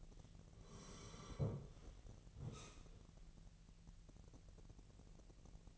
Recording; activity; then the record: daily activity, microphone in the room; sit down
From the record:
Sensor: 4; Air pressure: 1002.8 hPa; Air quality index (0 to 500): 249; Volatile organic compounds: 31 ppm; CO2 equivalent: 2978 ppm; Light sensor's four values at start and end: 10/22/9/9 and 10/22/9/9